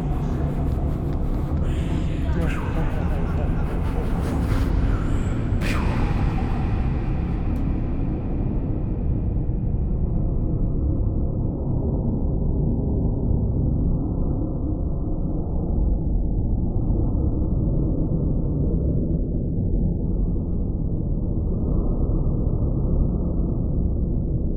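A ghostly sound effect made of a thick, steady low roar that stays loud throughout. In the first eight seconds brighter hissing layers sit on top, with sharp sweeping tones near 2 and 6 seconds; afterward the top fades away, leaving only a muffled, rumbling drone.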